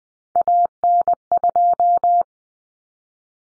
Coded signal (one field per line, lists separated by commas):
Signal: Morse code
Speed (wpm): 20 wpm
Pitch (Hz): 700 Hz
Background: none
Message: AN2